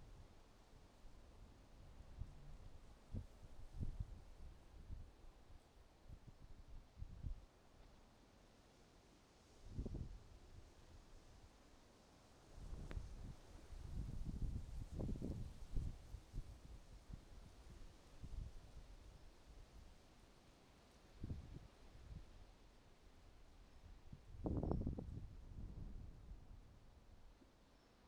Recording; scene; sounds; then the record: everyday scene through a hearing-aid microphone; wind on the microphone; wind, traffic, birds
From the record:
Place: suburban garden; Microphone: in the ear canal, right